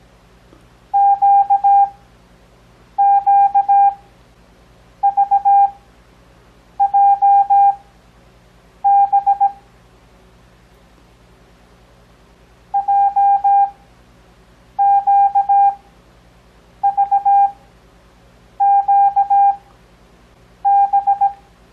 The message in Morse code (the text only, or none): QQVJB JQVQB